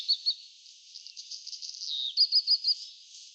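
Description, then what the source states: Bird calls, high thin chirps in short quick clusters, with a brief downslurred note and softer twittering between. Recorded 3 May 2024, between about 14:27 and 14:31.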